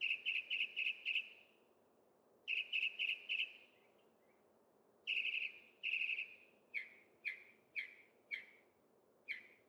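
Northern mockingbird song of rapid repeated note bursts in groups, then single sharp downslurred notes spaced evenly, over a constant background hiss.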